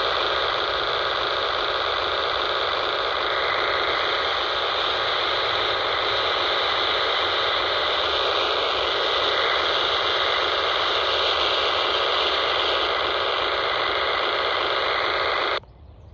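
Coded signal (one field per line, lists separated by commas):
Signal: digital voice data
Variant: P25 control channel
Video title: 153.170 MHz - First Energy P25 Trunking System Fork Mountain CC - System ID 89A NAC 89A WACN 01DB6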